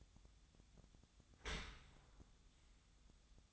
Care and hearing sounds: daily activity, microphone in the room; open dishwasher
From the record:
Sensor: 3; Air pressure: 1004.6 hPa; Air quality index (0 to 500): 103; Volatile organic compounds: 4 ppm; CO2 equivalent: 1602 ppm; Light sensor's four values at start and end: 7/17/7/6 and 7/17/7/6

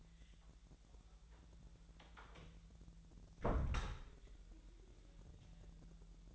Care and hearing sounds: daily activity, microphone in the room; close door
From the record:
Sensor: 3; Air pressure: 1001.4 hPa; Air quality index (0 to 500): 249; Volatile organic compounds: 154 ppm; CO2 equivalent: 4039 ppm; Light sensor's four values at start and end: 10/23/9/9 and 10/24/10/9

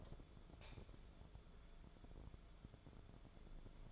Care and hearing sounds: daily activity, microphone in the room; light off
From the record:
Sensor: 5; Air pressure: 1010.3 hPa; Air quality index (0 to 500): 118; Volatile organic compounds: 2 ppm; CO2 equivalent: 1163 ppm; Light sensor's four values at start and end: 506/1296/536/605 and 504/1289/533/602

